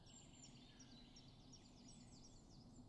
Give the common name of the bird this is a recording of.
Common Chiffchaff